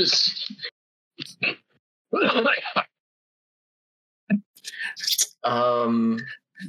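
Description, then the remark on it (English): A run of harsh, breathy coughs broken by short gaps, then a voiced burst of laughter that tumbles into more coughing, loud and uneven throughout. “I can't laugh anymore without coughing.”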